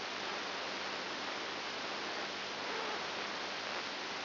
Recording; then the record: brain microelectrode recording played as sound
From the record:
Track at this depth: inside the subthalamic nucleus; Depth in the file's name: 6.701 mm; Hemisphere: left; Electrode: 2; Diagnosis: Parkinson's disease